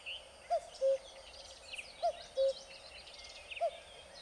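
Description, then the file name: Common cuckoo calling its two-note cuck-oo, a higher note falling to a lower steady one, repeated about every one and a half seconds, with small birds twittering high above. Recorded on 17 April 2007. "Cuckoo 2007 04 17"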